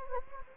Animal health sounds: mosquito wingbeat signal from an infrared sensor; Anopheles gambiae

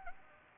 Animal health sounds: mosquito wingbeat signal from an infrared sensor; Anopheles gambiae

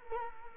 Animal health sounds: mosquito wingbeat signal from an infrared sensor; Culex quinquefasciatus

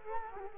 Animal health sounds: mosquito wingbeat signal from an infrared sensor; Culex quinquefasciatus

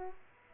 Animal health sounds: mosquito wingbeat signal from an infrared sensor; Aedes aegypti

